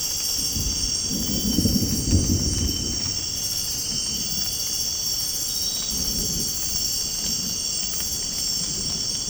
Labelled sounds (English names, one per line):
none